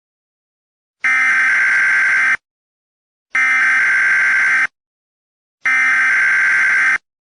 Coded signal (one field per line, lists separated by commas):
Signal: Emergency Alert System (SAME) tones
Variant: header bursts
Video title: EAS #1 Daylight Time *** WEEKLY TEST *** until 9:22AM, 8/13/23 [Recorded on KineMaster]